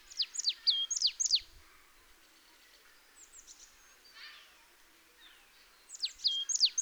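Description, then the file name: Marsh tit calls: sharp, high notes sliding steeply downward, several in a quick burst, then a pause and another burst near the end, with fainter bird notes between. "Poecile palustris"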